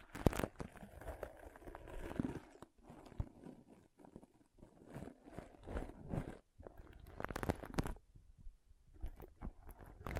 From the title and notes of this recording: ASMR Ultimate Pom Pom Tingles (No Talking).